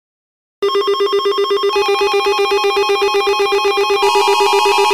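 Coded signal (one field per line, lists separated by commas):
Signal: none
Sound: telephone ringing sound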